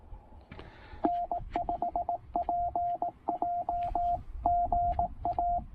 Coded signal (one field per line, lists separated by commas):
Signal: Morse code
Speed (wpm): 18 wpm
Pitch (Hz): 700 Hz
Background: radio noise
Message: N5PJ GA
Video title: Pairing the Penntek TR-45L and Chelegance MC-750 for a super short POTA activation!